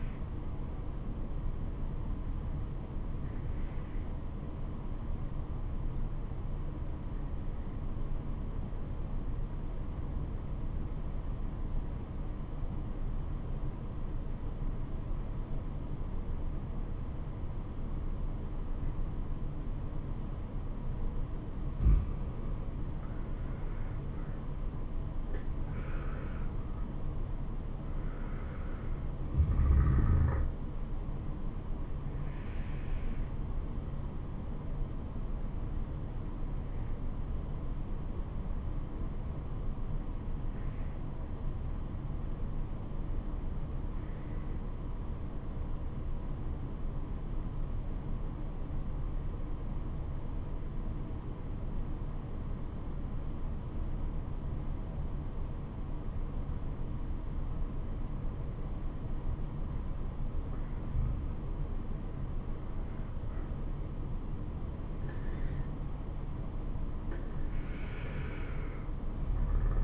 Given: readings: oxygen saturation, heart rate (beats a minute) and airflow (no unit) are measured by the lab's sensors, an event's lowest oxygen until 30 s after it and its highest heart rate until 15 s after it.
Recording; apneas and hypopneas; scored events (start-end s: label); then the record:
breathing in sleep by a smartphone at the bedside; 2
4.00-24.20 s: obstructive apnea (N2, oxygen 95% highest, then 86% lowest, heart rate 68 at the start, 77 highest)
37.00-62.30 s: obstructive apnea (N2, oxygen 96% highest, then 86% lowest, heart rate 69 at the start, 77 highest)
From the record:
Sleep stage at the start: N2 (light sleep); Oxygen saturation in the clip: 86 to 96%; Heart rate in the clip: 67 to 77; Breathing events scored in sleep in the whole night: 426 in 7.4 hours asleep